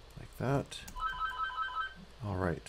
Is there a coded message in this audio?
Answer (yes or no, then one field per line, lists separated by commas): no